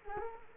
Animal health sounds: mosquito wingbeat signal from an infrared sensor; Culex quinquefasciatus

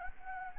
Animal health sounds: mosquito wingbeat signal from an infrared sensor; Anopheles gambiae

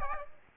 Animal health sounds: mosquito wingbeat signal from an infrared sensor; Aedes aegypti

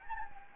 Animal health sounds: mosquito wingbeat signal from an infrared sensor; Anopheles gambiae

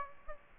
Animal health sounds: mosquito wingbeat signal from an infrared sensor; Aedes aegypti

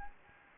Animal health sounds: mosquito wingbeat signal from an infrared sensor; Anopheles gambiae

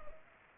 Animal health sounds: mosquito wingbeat signal from an infrared sensor; Culex pipiens

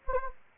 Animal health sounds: mosquito wingbeat signal from an infrared sensor; Anopheles gambiae

